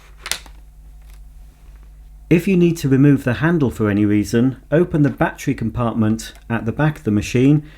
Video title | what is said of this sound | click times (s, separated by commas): Vax ONEPWR Glide Cordless Hard Floor Cleaner Review & Demonstration | push it down, you'll feel slight resistance, keep pushing until it clicks into place. | 0.3 s